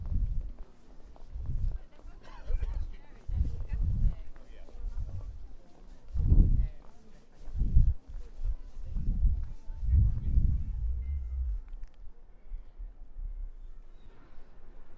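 A walk through Prague from the Castle toward Charles Bridge, with footsteps and low thumps recurring every second or so, strongest around six to eleven seconds. Faint voices and scattered clatter sit underneath, and the steps grow quieter toward the end.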